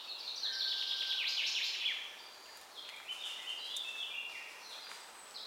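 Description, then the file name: Common chaffinch singing a bright, rapid phrase in the first two seconds, followed by fainter chirps and trills. "Fringilla coelebs"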